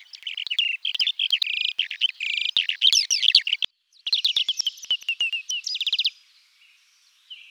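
Bird song of fast, bright trills and chattering notes, continuous for about six seconds with one brief break, then stopping.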